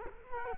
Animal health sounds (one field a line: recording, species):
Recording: mosquito wingbeat signal from an infrared sensor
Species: Culex quinquefasciatus